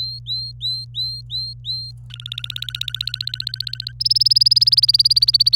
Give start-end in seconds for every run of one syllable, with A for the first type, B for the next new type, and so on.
0.00-1.92 A, 2.10-3.92 B, 4.00-5.56 C